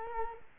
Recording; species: mosquito wingbeat signal from an infrared sensor; Culex quinquefasciatus